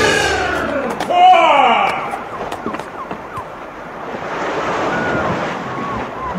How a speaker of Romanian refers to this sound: Aud pescărușii, valurile mării sunt aproape. Oh, e o fericire! Da, Gulliver, poți auzi valurile mării și le poți vedea.